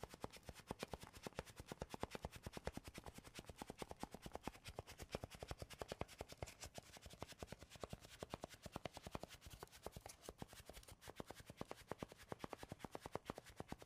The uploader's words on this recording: ASMR tapping and scratching (no talking) wood cork cardboard.